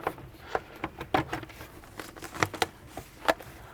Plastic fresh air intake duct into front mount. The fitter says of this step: clicks into place, and then we just need to line these up here, put the screws in,